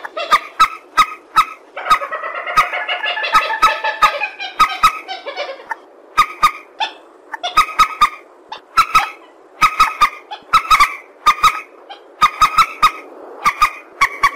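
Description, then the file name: Purple swamphen honking: a rolling series of nasal, trumpeting notes early on, then many clipped, hoarse barks in irregular bursts. "tieng trich re keu"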